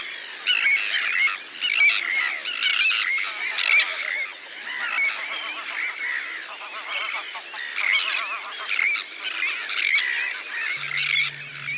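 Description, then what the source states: Terns: tern colony in full voice, constant harsh, chattering screeches from many birds, with a low hum near the end. Colony of terns, perhaps Arctic and common, possibly including a sandwich tern, recorded one evening at Ladies Island Lake, Wexford; a 'wall of sound'.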